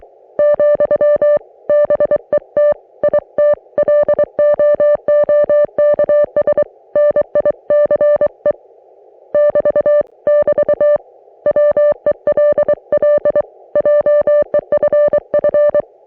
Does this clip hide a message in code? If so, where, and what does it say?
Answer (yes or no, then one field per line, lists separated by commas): yes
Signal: Morse code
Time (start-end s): 0.4-15.8 s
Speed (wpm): 23 wpm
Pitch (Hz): 590 Hz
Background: music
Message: , BET IT LOOKS NICE <BT> <BT> WELL JEFF